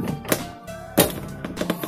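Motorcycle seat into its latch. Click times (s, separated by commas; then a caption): 0.3 s. A motorcycle seat is pushed down onto its latch and locks shut with a sharp thunk at 0.3 s. Fainter knocks follow near the end of the clip, and music plays underneath.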